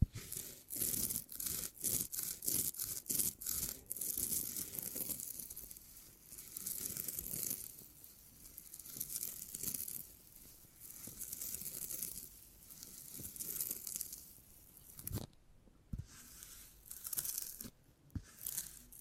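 Beeswax is handled with bright crinkling and tearing bursts, rapid and choppy for the first four seconds, then slower rubbing swells with brief pauses.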